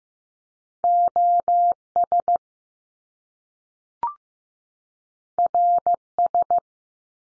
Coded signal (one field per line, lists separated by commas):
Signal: Morse code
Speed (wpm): 15 wpm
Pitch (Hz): 700 Hz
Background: none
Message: O S R S